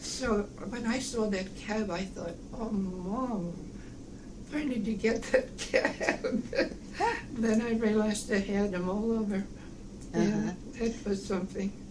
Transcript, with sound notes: So, when I saw the cab I thought, "Oh, Mom. Where did you get that cab?" (both laugh) Then I realized they had them all over. Yeah.
Uh-huh.
It was something.